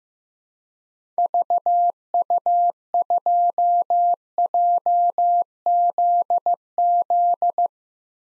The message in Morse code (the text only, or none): VU2JZZ